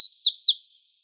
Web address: Sound Library Vermivora Parula Dendroica AZFO BTYW deviche 041704